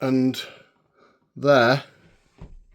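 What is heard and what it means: A van door latch fitted with a new draught excluder seal in the van door frame is being handled, with someone talking over it. A brief low thud is heard near 2.4 s. The latch has not clicked shut and the door has not seated yet.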